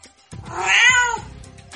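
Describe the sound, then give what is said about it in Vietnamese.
A kitten pinned under a large animal's paw gives one long, plaintive meow that rises in pitch, wavers, then slides down and trails off, fairly loud and alone with no talking. “Mèo con bị đè dưới móng vuốt to, đáng thương hề hề kêu lên.”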